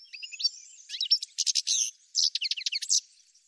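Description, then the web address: Bird song: a thin high whistle opening into two dense bursts of rapid, buzzy chirping notes separated by a brief pause. "cianscape birddata"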